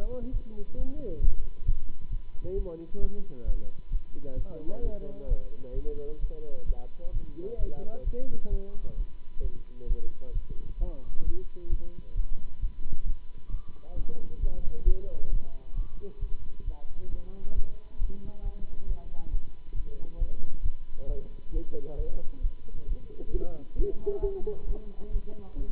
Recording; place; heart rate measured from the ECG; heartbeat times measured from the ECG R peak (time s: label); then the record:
heart sounds by stethoscope; between the tricuspid and mitral areas; 133 bpm
0.31 s: heartbeat
0.76 s: heartbeat
1.20 s: heartbeat
1.65 s: heartbeat
2.09 s: heartbeat
2.54 s: heartbeat
2.99 s: heartbeat
3.44 s: heartbeat
3.90 s: heartbeat
4.35 s: heartbeat
4.81 s: heartbeat
5.27 s: heartbeat
5.73 s: heartbeat
6.19 s: heartbeat
6.65 s: heartbeat
7.11 s: heartbeat
7.57 s: heartbeat
8.03 s: heartbeat
8.49 s: heartbeat
8.95 s: heartbeat
9.40 s: heartbeat
9.86 s: heartbeat
10.32 s: heartbeat
10.77 s: heartbeat
11.23 s: heartbeat
11.69 s: heartbeat
12.14 s: heartbeat
12.59 s: heartbeat
13.04 s: heartbeat
13.49 s: heartbeat
13.94 s: heartbeat
14.39 s: heartbeat
14.84 s: heartbeat
15.29 s: heartbeat
15.74 s: heartbeat
16.19 s: heartbeat
16.64 s: heartbeat
17.09 s: heartbeat
17.54 s: heartbeat
17.98 s: heartbeat
18.42 s: heartbeat
18.86 s: heartbeat
19.30 s: heartbeat
19.73 s: heartbeat
20.17 s: heartbeat
20.62 s: heartbeat
21.06 s: heartbeat
21.51 s: heartbeat
21.95 s: heartbeat
22.40 s: heartbeat
22.85 s: heartbeat
23.30 s: heartbeat
23.75 s: heartbeat
24.20 s: heartbeat
24.65 s: heartbeat
25.10 s: heartbeat
25.55 s: heartbeat
From the record:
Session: Bruce protocol treadmill stress test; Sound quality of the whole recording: good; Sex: male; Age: 26 years